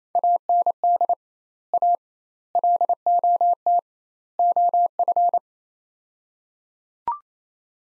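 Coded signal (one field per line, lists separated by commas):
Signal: Morse code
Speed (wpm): 28 wpm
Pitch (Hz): 700 Hz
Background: none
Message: AND A LOT OF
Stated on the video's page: Morse practice in sets of four words at 28 wpm with 2x word spacing, a Farnsworth-like method; each set sent, spoken, then resent.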